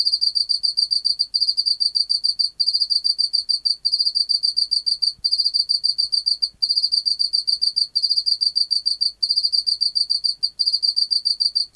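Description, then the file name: Pacific field cricket calling song, fast high pulses grouped into long trills, each ending in a short pause about every 1.3 seconds. "Teleogryllus oceanicus"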